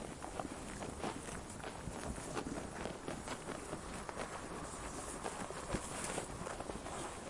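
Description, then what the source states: Sheep chewing, a dense run of crisp crunching and tearing clicks spread throughout with a steady rustle beneath. Sheep chewing while eating grass.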